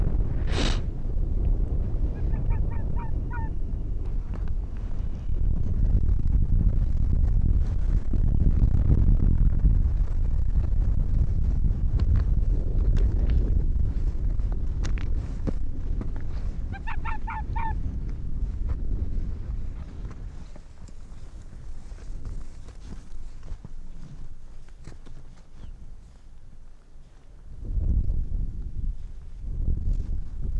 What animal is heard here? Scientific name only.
Vulpes lagopus